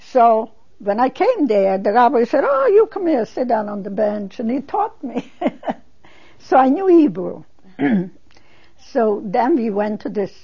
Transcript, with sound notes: So when I came there the rabbi said, "Oh, you come here and sit down on the bench." And he taught me. (She laughs.) So I knew Hebrew. So then we went to this